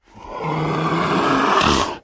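Leopard giving a single harsh, rasping grunt-roar lasting about two seconds, rough and throaty throughout.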